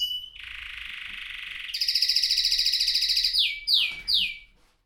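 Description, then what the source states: Canary song with a rapid trill, a loud pulsing rattled phrase, then three swift downward whistled sweeps before stopping. Caged bird singing.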